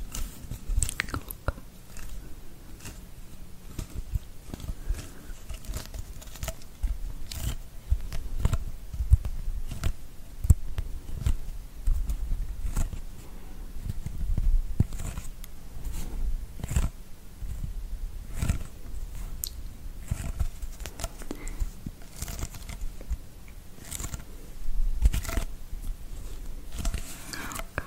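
Scratching sounds, like fingernails dragging over a back, repeat throughout in short bursts with crisp, bright edges and a soft low rumble beneath. The strokes come irregularly but densely, a few per second, with slightly louder clusters around the middle and near the end.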